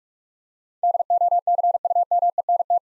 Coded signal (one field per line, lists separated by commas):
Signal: Morse code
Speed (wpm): 43 wpm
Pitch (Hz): 700 Hz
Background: none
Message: DOCUMENT